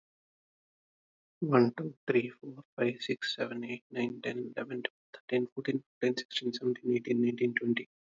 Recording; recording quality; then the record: counting at a fast pace; excellent, no background noise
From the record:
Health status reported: healthy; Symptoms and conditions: none ticked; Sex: male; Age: 33 years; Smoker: not ticked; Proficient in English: yes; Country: India